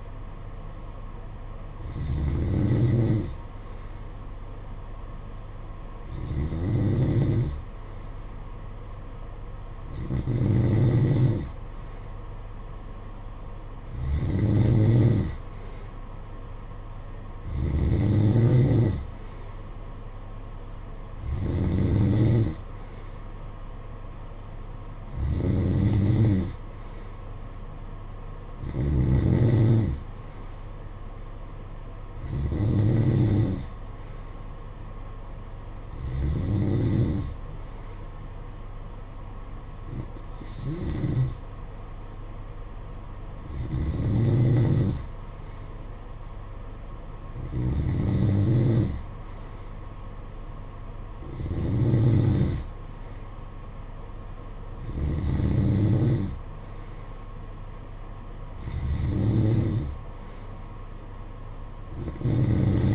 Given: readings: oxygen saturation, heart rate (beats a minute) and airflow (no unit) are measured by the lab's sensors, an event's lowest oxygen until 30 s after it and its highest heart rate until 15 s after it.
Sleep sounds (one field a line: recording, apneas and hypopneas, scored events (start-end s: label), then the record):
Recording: breathing in sleep by a smartphone at the bedside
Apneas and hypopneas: none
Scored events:
none scored
From the record:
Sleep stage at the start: N2 (light sleep)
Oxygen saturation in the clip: 91 to 92%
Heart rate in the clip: 53 to 60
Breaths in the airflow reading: 16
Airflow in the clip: -9.3 to 6.0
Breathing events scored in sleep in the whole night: 476 in 9.7 hours asleep